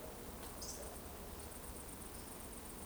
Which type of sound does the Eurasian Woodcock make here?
whistle